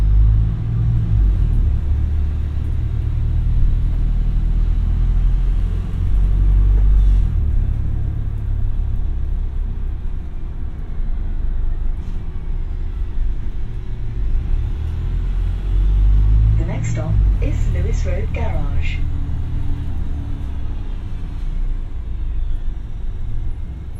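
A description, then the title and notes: A bus ride in Brighton: a steady deep engine rumble throughout, with a brief rattling squeal around seventeen to nineteen seconds. Bus 49, Brighton. Take a ride on a bus from Brighton towards Moulsecoomb.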